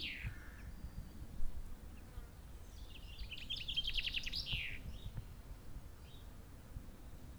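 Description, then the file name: Common chaffinch song: one bright descending trill of quick notes ending in a brief flourish, over low background rumble. "Fringilla coelebs"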